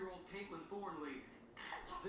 12-year-old. This sound has become painfully familiar. Began sneezing, and she hasn't stopped. Just a few sneezes here and there.